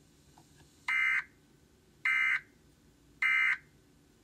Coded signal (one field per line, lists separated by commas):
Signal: Emergency Alert System (SAME) tones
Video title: DAVID ERROR 3 EAS